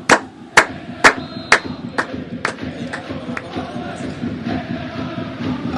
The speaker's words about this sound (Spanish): Acompañamos desde Enredando la Mañana el aplauso del Celtic. Ah, interesante, ¿eh? Interesante manera de expresarse, ¿no? De las masas, ¿no?